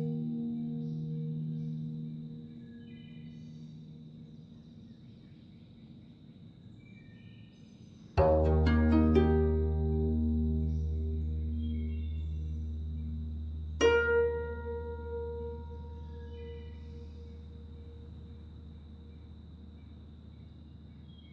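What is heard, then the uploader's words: A guzheng plays slowly, beginning with a low sustained tone that fades over the first eight seconds. At about 8 seconds a strong plucked low note rings out with bright overtones. A second sharp pluck at 14 seconds follows, then both decay into a long, quiet resonance. Solo guzheng piece. The birds are chirping as you can hear in the recording. In the early morning.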